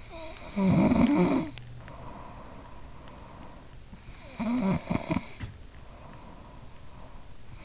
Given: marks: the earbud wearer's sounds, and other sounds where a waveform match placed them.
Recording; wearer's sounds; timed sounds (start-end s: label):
sounds in sleep by an in-ear microphone; snoring breath
0.00-3.14 s: snoring breath
3.77-6.23 s: snoring breath